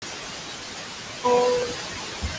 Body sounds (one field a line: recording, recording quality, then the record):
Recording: sustained vowel as in boot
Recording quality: poor, much background noise or distortion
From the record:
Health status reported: healthy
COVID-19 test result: not tested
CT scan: not taken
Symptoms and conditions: none ticked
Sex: female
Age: 23 years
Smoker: no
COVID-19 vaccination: none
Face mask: worn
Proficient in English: yes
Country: India